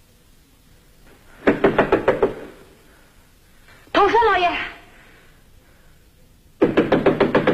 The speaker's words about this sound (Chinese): 这时传来敲门声，是雅果的妻子艾米莉亚。